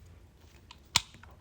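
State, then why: Seated. The metal bolt carrier extension piece from a LAW Tactical folding stock adapter kit is slid into a rifle's bolt carrier group. A few faint ticks are heard, then one sharp, bright click at 1.0 s as it snaps into place. The piece is seated, and the click marks a correct fit.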